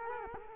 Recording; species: mosquito wingbeat signal from an infrared sensor; Culex quinquefasciatus